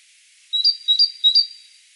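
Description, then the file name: Great tit giving three rapid paired whistles, each a low note followed by a higher bright note, evenly spaced, with nothing else audible. "Parus major"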